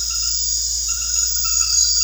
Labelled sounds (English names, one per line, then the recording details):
none
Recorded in secondary vegetation near Puerto Asís, Putumayo, Colombia, on 4 March 2025 at 23:00
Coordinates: 0.484, -76.319
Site G010